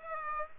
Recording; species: mosquito wingbeat signal from an infrared sensor; Aedes aegypti